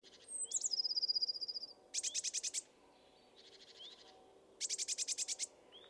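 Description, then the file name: Eurasian blue tit calling: a high thin note, then several runs of rapid buzzy, rattling churrs separated by short pauses. "Cyanistes caeruleus"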